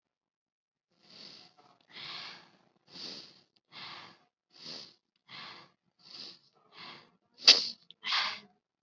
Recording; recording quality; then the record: deep breathing; excellent, no background noise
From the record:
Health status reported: COVID-19 positive, moderate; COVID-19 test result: positive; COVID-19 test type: rapid antigen test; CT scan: not taken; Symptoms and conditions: cough, fever, fatigue, muscle pain, another condition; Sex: female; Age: 19 years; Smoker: no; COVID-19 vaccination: one dose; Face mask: worn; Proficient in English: no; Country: India